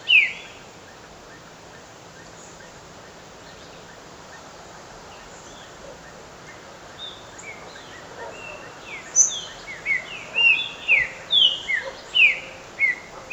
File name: Lesser Antillean Saltator Saltator albicollis